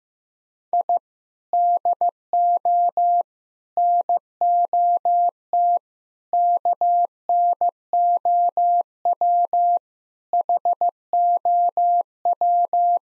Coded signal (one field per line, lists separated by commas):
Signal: Morse code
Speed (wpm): 15 wpm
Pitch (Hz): 700 Hz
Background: none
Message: I DO NOT KNOW HOW